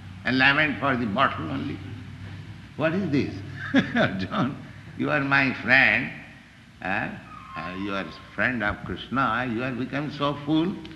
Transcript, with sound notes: And lament for the bottle only? What is this? [laughs] "Arjuna, you are My friend"—he was friend of Kṛṣṇa—"You have become so fool